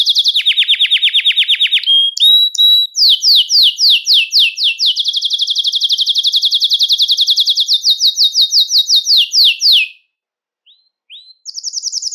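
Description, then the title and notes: Belgian canary song: a long, rapid low trill, whistled notes, then a steady stream of slurred trills, a brief pause, and a high trill. "Canario Belga, nyonyastudio"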